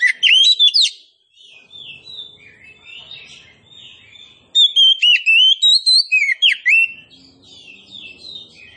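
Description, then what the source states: Oriental magpie-robin: a brief whistled phrase, then softer warbling, then a strong run of rising and falling clear whistles. Indonesian kacer poci, described as gacor, meaning singing vigorously and continuously.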